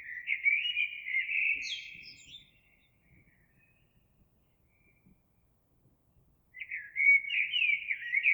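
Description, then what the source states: Eurasian blackbird song: loud mellow warble with a high squeaky flourish, silence for about four seconds, then another fluted phrase begins. Recorded 26 April 2022.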